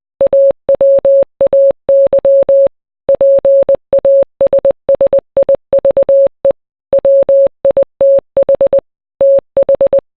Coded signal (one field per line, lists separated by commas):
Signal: Morse code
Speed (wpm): 20 wpm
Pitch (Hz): 550 Hz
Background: none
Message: AWAY PASSIVE WITH TH